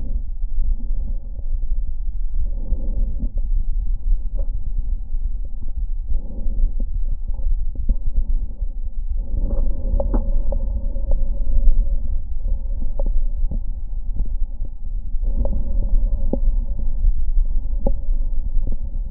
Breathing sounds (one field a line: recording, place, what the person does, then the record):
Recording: lung sounds by stethoscope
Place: left anterior apical chest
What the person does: quiet breathing, then deep breathing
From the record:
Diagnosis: asthma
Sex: female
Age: 77 years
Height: 160 cm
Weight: 68.7 kg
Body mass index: 26.6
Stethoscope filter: diaphragm mode